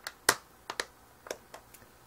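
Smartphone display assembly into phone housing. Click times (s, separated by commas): 0.1 s, 0.3 s, 0.7 s, 0.8 s, 1.3 s, 1.5 s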